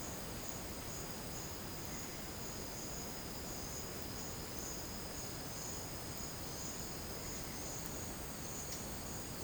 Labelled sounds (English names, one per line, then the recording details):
none
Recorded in dense forest near Puerto Asís, Putumayo, Colombia, on 19 March 2025 at 10:30
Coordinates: 0.481, -76.323
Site G088